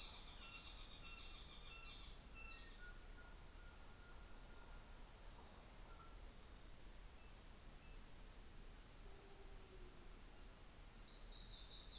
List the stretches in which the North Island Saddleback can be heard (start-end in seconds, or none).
0.00-2.95